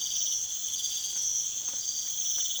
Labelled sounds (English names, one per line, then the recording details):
none
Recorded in secondary vegetation near Puerto Asís, Putumayo, Colombia, on 27 June 2025
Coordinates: 0.488, -76.319
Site G094